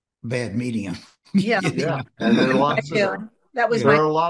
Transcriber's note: laughs